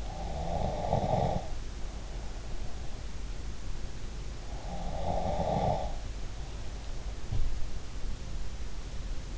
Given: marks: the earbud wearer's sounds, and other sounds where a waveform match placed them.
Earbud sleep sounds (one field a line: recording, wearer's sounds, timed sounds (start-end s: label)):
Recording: sounds in sleep by an in-ear microphone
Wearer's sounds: snoring breath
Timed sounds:
0.00-2.76 s: snoring breath
4.65-7.63 s: snoring breath